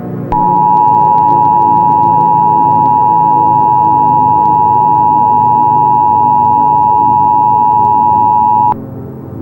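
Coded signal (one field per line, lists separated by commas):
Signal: Emergency Alert System (SAME) tones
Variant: 853 and 960 Hz attention tone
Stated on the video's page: Fictional EAS scenario about a North Korean attack on the United States.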